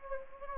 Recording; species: mosquito wingbeat signal from an infrared sensor; Anopheles gambiae